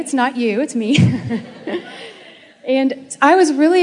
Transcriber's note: laughter